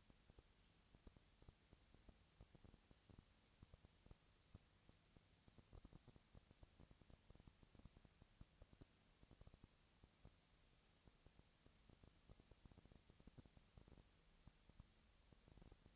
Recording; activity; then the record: daily activity, microphone in the room; no activity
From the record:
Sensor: 3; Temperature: 20.4 degrees Celsius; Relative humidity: 34.4%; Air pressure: 997.0 hPa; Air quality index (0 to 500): 205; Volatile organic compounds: 68 ppm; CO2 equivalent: 3498 ppm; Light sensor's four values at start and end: 2/3/2/2 and 2/3/2/2